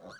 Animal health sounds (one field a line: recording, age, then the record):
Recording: pig call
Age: piglet (1 to 25 days)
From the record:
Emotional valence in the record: negative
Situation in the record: long isolation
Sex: male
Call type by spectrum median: low-frequency call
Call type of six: mixed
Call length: 0.20 s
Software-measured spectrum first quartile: 475 Hz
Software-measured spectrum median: 957 Hz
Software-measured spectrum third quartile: 1872 Hz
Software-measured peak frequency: 530 Hz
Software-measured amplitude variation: 89 dB a second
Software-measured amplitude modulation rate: 12.7 a second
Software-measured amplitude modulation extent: 7.0 dB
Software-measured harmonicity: 3.6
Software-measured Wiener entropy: -1.46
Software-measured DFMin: 1048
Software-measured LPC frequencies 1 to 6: 583, 1506, 3842, 4421, 5787, 6601 Hz